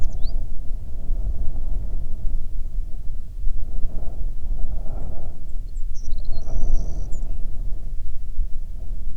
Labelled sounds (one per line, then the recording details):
songbird
wind
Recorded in the Prudhoe Bay oil fields, Alaska, on 9 June 2019 at 17:04
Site 21